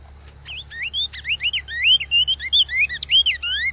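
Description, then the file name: Cinnamon tanager song beginning after a short pause, then a brisk sequence of looping whistled notes that sweep up and down. "Canto do bico de veludo"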